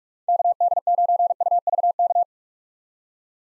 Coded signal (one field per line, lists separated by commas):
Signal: Morse code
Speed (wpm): 46 wpm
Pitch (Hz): 700 Hz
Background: none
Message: KD9UVK